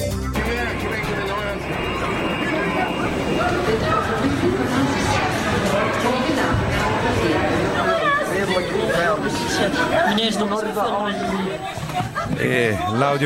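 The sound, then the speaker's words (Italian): A dense crowd fills an airport in the moments right after the bombings that morning, with overlapping, agitated voices, a steady loud babble of many people talking and calling out at once, with no single voice standing clear for the whole stretch. “L'audio che sentite arriva proprio dall'aeroporto negli istanti che seguono proprio appunto gli attentati che ci sono stati questa mattina.”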